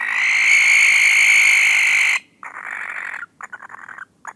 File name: gyongybagoly hangja